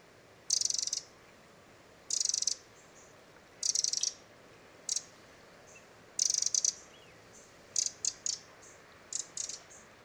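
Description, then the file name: Eurasian wren giving dry rattling churrs and short bursts of hard ticks, repeated roughly every one to two seconds. "Troglodytes troglodytes"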